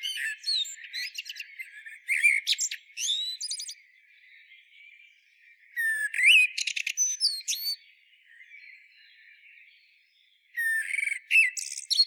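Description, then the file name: Eurasian blackbird singing several phrases with quiet gaps between them, each mixing fluty whistles with a high, chattering, squeaky ending. "Turdus merula"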